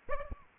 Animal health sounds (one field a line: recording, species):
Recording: mosquito wingbeat signal from an infrared sensor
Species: Aedes aegypti